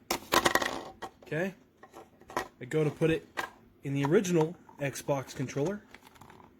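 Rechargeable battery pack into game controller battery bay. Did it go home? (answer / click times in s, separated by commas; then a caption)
no / none. A plastic rechargeable battery pack is handled near the battery bay of an original Xbox controller, with a burst of sharp rattling clicks at the start, a few light taps around 1.8–2.4 s and 6.1–6.3 s, and someone talking throughout. The pack has not seated or clicked into the controller yet.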